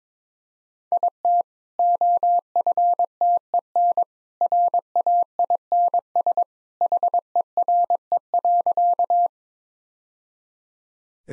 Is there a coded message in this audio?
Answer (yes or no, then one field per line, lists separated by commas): yes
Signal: Morse code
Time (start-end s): 0.9-9.3 s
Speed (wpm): 22 wpm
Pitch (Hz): 700 Hz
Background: none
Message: IT OFTEN RAINS HERE.